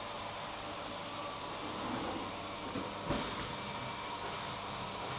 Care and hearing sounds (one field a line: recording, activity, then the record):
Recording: daily activity, microphone in the room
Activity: vacuum cleaning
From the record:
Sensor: 1